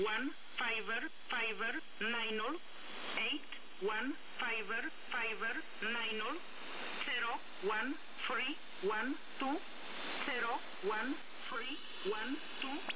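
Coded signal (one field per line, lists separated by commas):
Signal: numbers station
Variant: E11a, English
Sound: female voice reading English numbers evenly over radio, e.g. 'five five nine zero one three'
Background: radio static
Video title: Number Station E11a, 6923 KHz USB, voice message. Номерная станция E11a (SDR RTL2832U)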